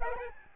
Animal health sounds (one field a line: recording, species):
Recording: mosquito wingbeat signal from an infrared sensor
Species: Aedes albopictus